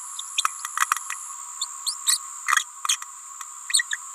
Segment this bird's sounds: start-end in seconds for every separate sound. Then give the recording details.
0.37-0.44, 1.61-1.66, 1.86-1.96, 2.06-2.18, 2.47-2.64, 2.88-2.98, 3.69-3.84, 3.91-3.97. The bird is a female. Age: 28 days. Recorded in a nest box in Venezuela. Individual 17B31A3